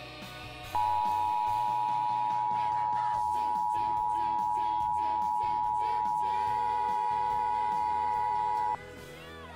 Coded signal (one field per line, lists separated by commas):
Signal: Emergency Alert System (SAME) tones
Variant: 853 and 960 Hz attention tone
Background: music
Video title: EAS Severe Thunderstorm Warning During Dinosaur Train (2018 WNPT-DT3)